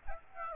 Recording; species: mosquito wingbeat signal from an infrared sensor; Aedes aegypti